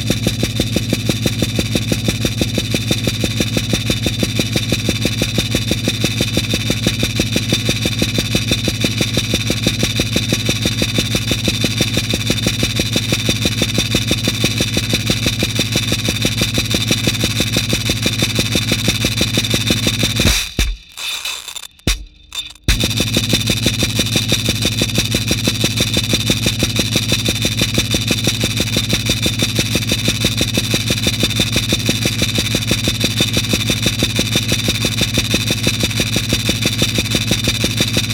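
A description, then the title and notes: Film tins filled with nails, tacks, ball bearings and other small objects rattle in a dense, rapid, very even churn with a steady, engine-like drone. Near the 21-second mark the sound briefly breaks off for about two seconds, then resumes unchanged. Film tins filled with objects including nails, tacks, ball bearings and other miscellaneous objects. The film tins were then equipped with piezo microphones plugged into amps then placed atop upward facing speakers. The output was then captured by the microphones and piezos mixed by the second mixer and recorded by the reel-to-reel.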